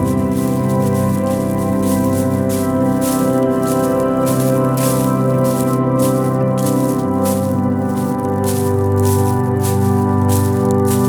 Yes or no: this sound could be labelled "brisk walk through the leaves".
yes